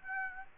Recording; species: mosquito wingbeat signal from an infrared sensor; Aedes aegypti